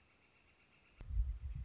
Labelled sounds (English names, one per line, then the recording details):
Northern Flicker
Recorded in Sonoma County, California